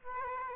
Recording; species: mosquito wingbeat signal from an infrared sensor; Aedes aegypti